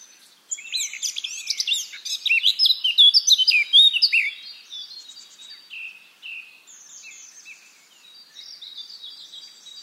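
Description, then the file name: Eurasian blackcap warbling after a brief quiet start, with a loud, jumbled run of quick whistled and scratchy notes for about three and a half seconds, then softer twittering trailing on. "Sylvia atricapilla"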